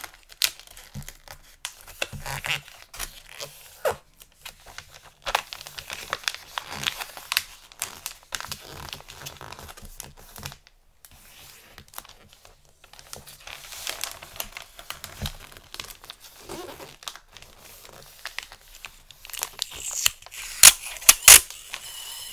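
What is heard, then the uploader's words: Gift wrapping paper crinkles and rustles almost without pause, in dense bursts of bright crackling with short sharp snaps. Tearing sounds cut through now and then, and near the end a run of loud, crisp crackles stands out above the rest. ASMR Xmas Gift Wrapping Intense Crinkle, Tape, Scissors Sounds.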